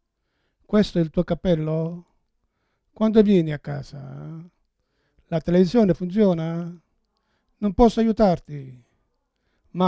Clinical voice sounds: read phrases; Italian; male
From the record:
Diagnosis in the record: Parkinson's disease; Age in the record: 71 years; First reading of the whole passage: 62 s, 8.3 characters per second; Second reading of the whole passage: 53 s, 9.9 characters per second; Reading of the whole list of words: 66 s, 4.2 characters per second

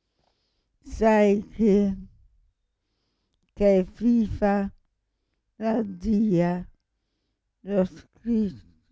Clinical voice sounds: read passage; Italian; female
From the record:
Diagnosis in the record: Parkinson's disease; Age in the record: 65 years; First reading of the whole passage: 242 s, 2.1 characters per second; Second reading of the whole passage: 180 s, 2.9 characters per second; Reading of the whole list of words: 168 s, 1.7 characters per second

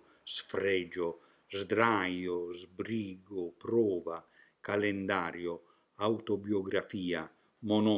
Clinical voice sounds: read list of words; Italian; male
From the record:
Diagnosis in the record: healthy control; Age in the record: 76 years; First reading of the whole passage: 56 s, 9.2 characters per second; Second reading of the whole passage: 53 s, 9.7 characters per second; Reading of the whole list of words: 49 s, 5.7 characters per second

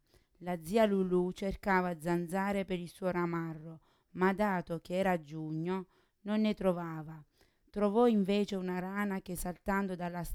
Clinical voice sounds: read passage; Italian; female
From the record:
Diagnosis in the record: Parkinson's disease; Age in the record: 40 years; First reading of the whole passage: 61 s, 7.8 characters per second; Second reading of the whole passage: 52 s, 9.9 characters per second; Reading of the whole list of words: 55 s, 5.1 characters per second

